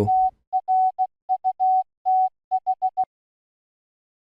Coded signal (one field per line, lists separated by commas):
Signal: Morse code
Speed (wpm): 16 wpm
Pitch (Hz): 750 Hz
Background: none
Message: TRUTH